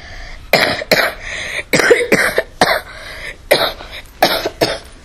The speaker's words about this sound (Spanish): Atila no se podía dormir por la tos de ese viejito.